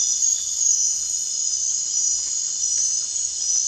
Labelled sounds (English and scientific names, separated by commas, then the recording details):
none
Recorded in dense forest near Puerto Asís, Putumayo, Colombia, on 25 June 2025 at 00:00
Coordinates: 0.468, -76.322
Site GP03